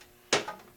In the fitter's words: Snaps right in.